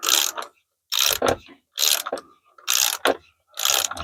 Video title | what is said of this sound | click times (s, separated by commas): BMW 116i F20 F21 N13 engine Rocker cover and gasket replacement | Screw them in until I get a click. There you go. | 2.8 s